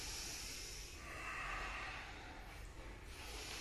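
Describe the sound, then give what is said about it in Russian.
Rapid, forceful breathing during a yoga breathing exercise with arms raised fills the whole stretch, a steady rush of airy, hissing exhalations with no pauses and no talking. “Руки вверх, вдох, выдох. Быстрый, помним, дорогие.”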